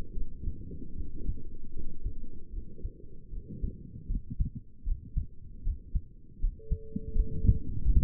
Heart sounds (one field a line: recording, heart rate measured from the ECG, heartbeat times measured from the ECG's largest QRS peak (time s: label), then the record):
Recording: heart sounds by stethoscope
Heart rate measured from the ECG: 78 bpm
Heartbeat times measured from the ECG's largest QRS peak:
0.15 s: heartbeat
0.97 s: heartbeat
1.74 s: heartbeat
2.53 s: heartbeat
3.32 s: heartbeat
4.10 s: heartbeat
4.86 s: heartbeat
5.65 s: heartbeat
6.42 s: heartbeat
7.15 s: heartbeat
7.85 s: heartbeat
From the record:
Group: healthy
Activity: rest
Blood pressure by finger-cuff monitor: 104/65 mmHg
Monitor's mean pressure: 79 mmHg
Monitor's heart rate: 77 bpm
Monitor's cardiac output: 7.4 L/min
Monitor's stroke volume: 96 mL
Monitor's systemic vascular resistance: 790 dyn s/cm5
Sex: male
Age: 22 years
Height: 181 cm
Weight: 79 kg